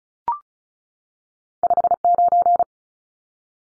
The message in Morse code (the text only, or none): 59